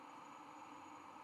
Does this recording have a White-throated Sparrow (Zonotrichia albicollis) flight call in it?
no